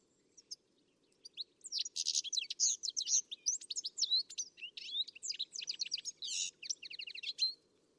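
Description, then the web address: Bird song: a continuous run of rapid high chirps, swept whistles and short trills lasting several seconds after a brief quiet start. "Deverinetal. Bird Only"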